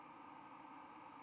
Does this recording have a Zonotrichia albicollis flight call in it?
no